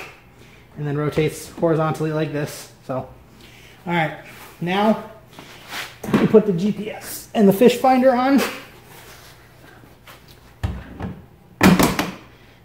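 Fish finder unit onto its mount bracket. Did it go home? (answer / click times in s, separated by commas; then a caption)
yes / 11.6 s. Someone talks while a plastic Garmin Striker 4cv fish finder is pushed onto its quick-release mount bracket on a kayak. A sharp click at 11.6 seconds marks the unit snapping right into place, seated on the mount.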